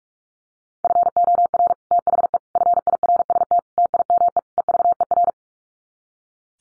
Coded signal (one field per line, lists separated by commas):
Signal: Morse code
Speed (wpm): 44 wpm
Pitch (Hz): 700 Hz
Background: none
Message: FOR THE FIRST TIME EVER